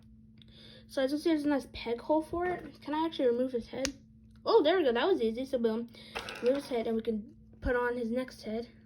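Someone talks while handling a NECA Puppet Master Ultimate Tunneler action figure, easily pulling its plastic head off the neck peg and preparing to press the alternate plastic head onto it. A few faint ticks are heard under the talking, over a steady low hum. Nothing has seated or clicked yet.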